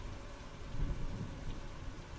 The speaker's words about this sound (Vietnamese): Lão lao ra, thế nhưng trong khoảnh khắc bà cụ đã biến mất, bên ngoài chỉ còn tiếng mưa ào ào.